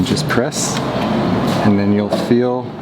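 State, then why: Not seated. A charging cord plug is handled at the charge port of a Trek Slash+ e-bike battery while someone talks over a steady low background hum. Nothing has seated or clicked yet; the plug has not locked into the port.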